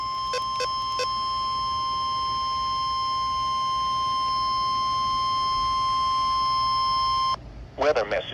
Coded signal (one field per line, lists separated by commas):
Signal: Emergency Alert System (SAME) tones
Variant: 1050 Hz attention tone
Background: speech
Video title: EAS 1001: Severe Thunderstorm Watch # 449